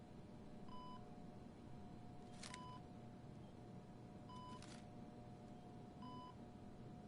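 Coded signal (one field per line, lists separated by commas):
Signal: none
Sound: game interface beeps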